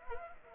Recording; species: mosquito wingbeat signal from an infrared sensor; Anopheles arabiensis